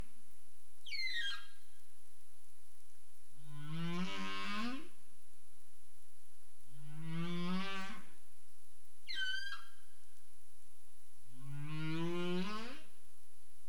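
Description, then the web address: Humpback whale sounds: three low, rich moans with many harmonics, each about a second long, with short high downward squeaks before and between them. Caribbean, 27 April 2035, 21:59 UTC. "CARIMAM humpback whale 20350427 215931 UTC"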